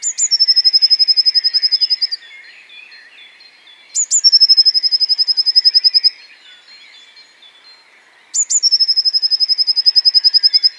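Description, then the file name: Eurasian Blue Tit giving long, steady high trills, each opened by a sharp note and lasting about two seconds. The phrase repeats every four seconds. "Cyanistes caeruleus"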